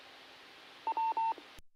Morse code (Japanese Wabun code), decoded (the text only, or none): none